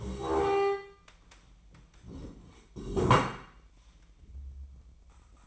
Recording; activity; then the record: daily activity, microphone in the room; stand up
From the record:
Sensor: 1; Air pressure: 1012.3 hPa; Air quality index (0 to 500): 176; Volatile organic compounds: 3 ppm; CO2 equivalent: 1445 ppm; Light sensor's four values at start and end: 44/119/48/59 and 44/119/48/59